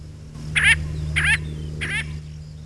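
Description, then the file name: Tern uttering three grating, scratchy calls in quick succession, with a constant low mechanical hum underneath. "Sterna"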